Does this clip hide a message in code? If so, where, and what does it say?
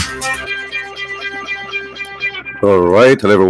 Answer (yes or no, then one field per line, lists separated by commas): no